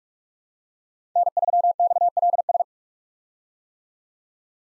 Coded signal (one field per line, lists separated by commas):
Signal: Morse code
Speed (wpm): 42 wpm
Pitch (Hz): 700 Hz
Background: none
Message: N3XLS